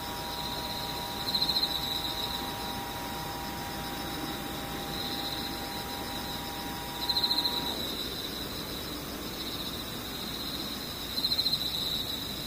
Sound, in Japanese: ムシ